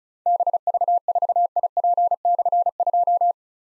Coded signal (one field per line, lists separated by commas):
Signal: Morse code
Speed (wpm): 36 wpm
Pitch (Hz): 700 Hz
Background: none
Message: BV4IP/2